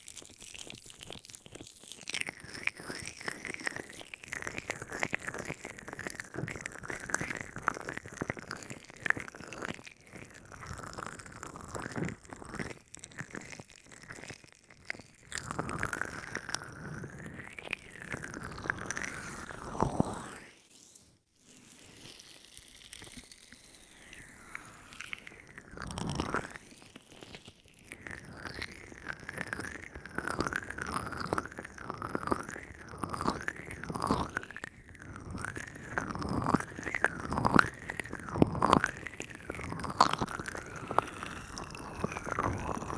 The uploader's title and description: Lotion & Oil Ear Massage. ASMR Lotion, Oil and Gel pad Ear Massage w/ Ear Tapping, Cupping, Pinching, Long Stroking